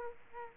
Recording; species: mosquito wingbeat signal from an infrared sensor; Aedes aegypti